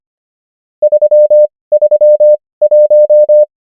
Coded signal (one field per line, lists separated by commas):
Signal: Morse code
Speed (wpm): 25 wpm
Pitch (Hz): 600 Hz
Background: none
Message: 331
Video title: morse code practice | 25wpm | 19fw | numbers | ENGLISH